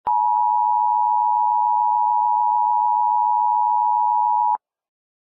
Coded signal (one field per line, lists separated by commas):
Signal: Emergency Alert System (SAME) tones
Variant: 853 and 960 Hz attention tone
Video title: Eas simulacion - sin sentido